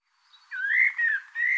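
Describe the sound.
Bird song: a short series of clear whistled notes around a steady mid pitch, with slight rises and falls, over a quiet background.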